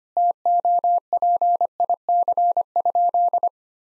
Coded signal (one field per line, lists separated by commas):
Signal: Morse code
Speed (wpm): 25 wpm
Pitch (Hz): 700 Hz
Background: none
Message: TOPIC?